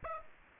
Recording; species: mosquito wingbeat signal from an infrared sensor; Aedes aegypti